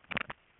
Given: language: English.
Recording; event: throat vibration sensor signal played as sound; swallow